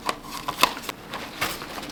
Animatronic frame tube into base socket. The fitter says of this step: so that one clicked in